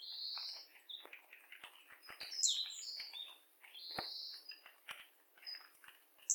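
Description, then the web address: Bird calling, bright chirps and drawn-out whistled notes tumbling together, with a few sharp clicks and squeaks scattered through. "yacho koe"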